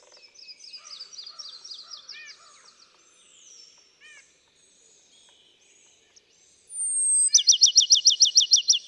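Bachman's sparrow song: after varied chirping, a high whistled note leads into a loud, fast, even trill lasting about a second and a half.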